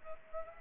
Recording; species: mosquito wingbeat signal from an infrared sensor; Culex pipiens